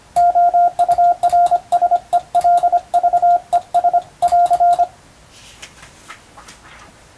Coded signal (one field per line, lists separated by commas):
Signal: Morse code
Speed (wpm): 25 wpm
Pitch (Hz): 700 Hz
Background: radio noise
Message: OURSELVES <AR>